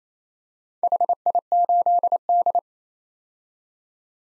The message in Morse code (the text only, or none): HI8D